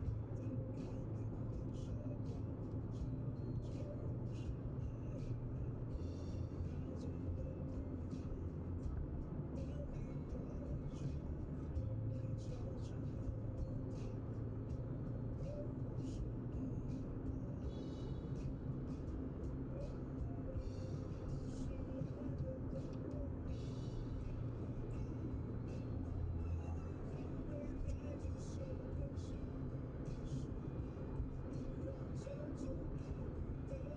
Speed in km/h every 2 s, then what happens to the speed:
80, 80, 82, 84, 85, 86, 88, 90, 93, 93, 96, 96, 95, 95, 95, 95, 95.
0-19 speeds up to 96. 19-34 steady at about 95.